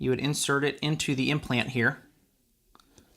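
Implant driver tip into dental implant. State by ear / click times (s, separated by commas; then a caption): seated / 2.8 s. Someone talks for about two seconds, then an implant driver tip is pushed into a titanium dental implant held in its anodized carrier. A small click is heard at 2.8 s, followed by faint ticks as the driver seats in the implant.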